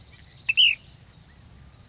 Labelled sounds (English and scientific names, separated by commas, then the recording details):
Ash-throated Flycatcher (Myiarchus cinerascens)
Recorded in Sonoma County, California